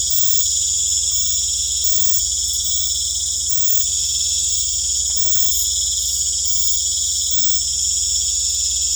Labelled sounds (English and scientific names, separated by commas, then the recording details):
none
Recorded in secondary vegetation near Puerto Asís, Putumayo, Colombia, on 26 December 2024 at 19:00
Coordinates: 0.499, -76.323
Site G010